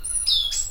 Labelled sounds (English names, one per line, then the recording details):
Stitchbird song
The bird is a male
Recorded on Tiritiri Matangi Island, New Zealand, in 2005
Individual 12, of nest box 16